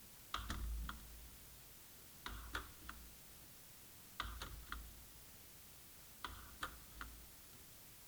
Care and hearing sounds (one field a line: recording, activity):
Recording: daily activity, guitar pickup as the sensor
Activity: manipulate door